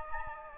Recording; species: mosquito wingbeat signal from an infrared sensor; Anopheles gambiae